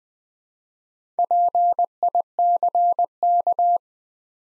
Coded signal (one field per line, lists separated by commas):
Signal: Morse code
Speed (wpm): 20 wpm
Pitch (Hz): 700 Hz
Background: none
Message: PICK